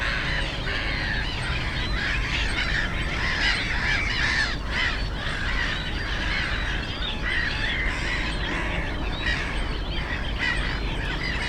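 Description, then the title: Black-headed gull chorus of rasping, overlapping cries continuing throughout, set against loud, steady low-pitched traffic rumble. Many black-headed gulls, the loudest birds, at ponds in the Frog Ponds nature complex on former coal-mining land, Bytom, Poland; nearby DK79 road and railway noise. "Żabie Doły, Bytom, Polska - Black-headed gulls at Frog Ponds complex"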